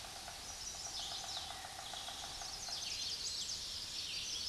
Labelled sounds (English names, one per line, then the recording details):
Chestnut-sided Warbler song
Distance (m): 45 m
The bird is about 15 m above the microphone
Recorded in a Pennsylvania forest on 16 May 2024 at 06:13
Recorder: AudioMoth, point MSD-2095
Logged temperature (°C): 16.3 °C
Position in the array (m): 160 m, 105 m